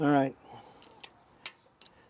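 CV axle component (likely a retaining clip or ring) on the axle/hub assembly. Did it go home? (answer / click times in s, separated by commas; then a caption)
yes / 1.5 s. Someone talks briefly, then a CV axle part on the axle/hub assembly of an SUV is pressed home during axle installation, with a few faint ticks before it. A single loud, sharp snap at 1.5 s marks the part seating in place, followed by a couple of quieter clicks.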